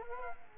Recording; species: mosquito wingbeat signal from an infrared sensor; Culex quinquefasciatus